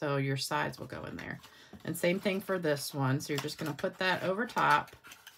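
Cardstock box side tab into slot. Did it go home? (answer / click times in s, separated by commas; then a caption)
no / none. Someone talks while fitting the sides of a cardstock box together and placing one side over the top, with light handling sounds under the voice. The side's tab is meant to pop into a small slot, but nothing has seated or clicked yet by the end of the clip.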